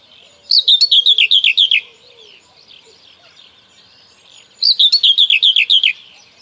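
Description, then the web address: Common whitethroat song: two similar phrases of rapid, downslurred chirping notes, about four seconds apart, with faint bird twitters in between. "Kurs PTTK Przyroda Ptaki Cierniówka"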